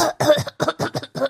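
An adult's imitated cough, a short series of forceful coughs illustrating the Korean onomatopoeia 콜록콜록 (kollok kollok), the sound of coughing, emphasizing the strength of the cough.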